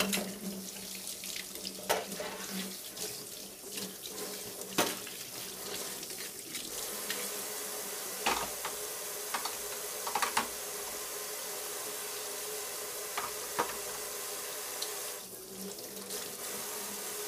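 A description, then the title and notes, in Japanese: Dishes being washed under a steadily running tap, with sharp clinks and clatters of dishware every few seconds, loudest near the start. 洗い物の後はえびそば。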